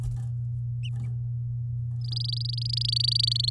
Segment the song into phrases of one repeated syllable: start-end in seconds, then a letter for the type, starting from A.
2.04-3.50 A